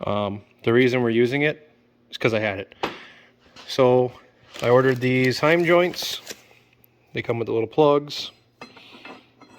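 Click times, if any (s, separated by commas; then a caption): 8.6 s. A small plug that comes with the heim joints is pushed into a heim joint for the steering linkage on a 1955 Ford gasser's front axle. Someone talks for most of the clip, and then a short click is heard at 8.6 s as the plug pops into place. The plug is seated.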